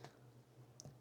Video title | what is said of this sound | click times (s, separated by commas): 2025 TOP MagSafe Accessories | It snaps right into place. | 0.8 s